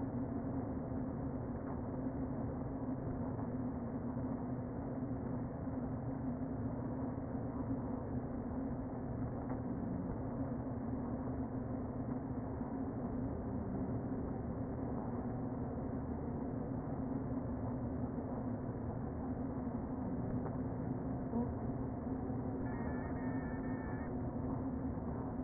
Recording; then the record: honeybee colony, microphone inside the hive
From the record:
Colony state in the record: queen present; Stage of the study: before two queens were removed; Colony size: about 60,000 bees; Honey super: yes